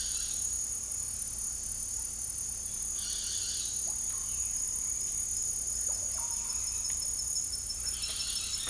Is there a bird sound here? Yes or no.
yes